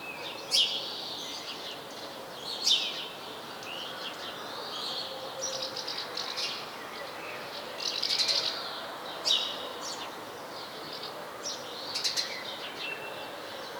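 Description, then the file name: House sparrow call notes, clusters of harsh chirps coming irregularly amid softer overlapping calls and constant background noise. "Passer domesticus"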